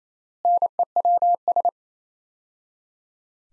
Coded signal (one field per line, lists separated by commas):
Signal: Morse code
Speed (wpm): 28 wpm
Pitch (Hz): 700 Hz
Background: none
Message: NEWS